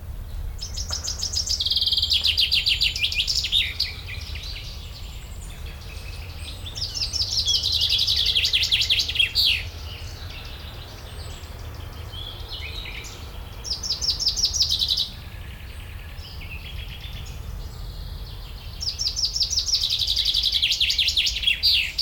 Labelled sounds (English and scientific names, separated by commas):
Common Chaffinch (Fringilla coelebs)